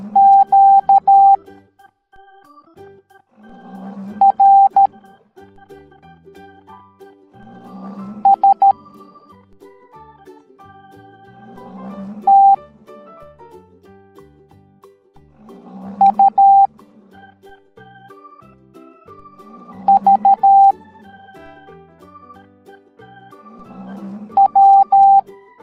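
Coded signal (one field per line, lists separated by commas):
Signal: Morse code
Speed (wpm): 13 wpm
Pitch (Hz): 790 Hz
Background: music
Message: Q R S T U V W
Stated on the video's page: Morse alphabet lesson for kids, in an animated pig parade.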